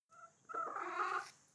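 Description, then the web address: Chicken giving a short, harsh cackling cry after a brief softer note, with a steady high hiss in the background. Hens crying. "soundpool geraeusche natur-tiere huehner"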